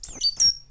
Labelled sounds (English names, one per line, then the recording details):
Stitchbird song
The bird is a male
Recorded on Tiritiri Matangi Island, New Zealand, in 2005
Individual 2, of nest box 2